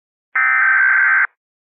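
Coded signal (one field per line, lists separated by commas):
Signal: Emergency Alert System (SAME) tones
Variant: header bursts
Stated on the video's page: Fictional EAS scenario; simulated alert tones.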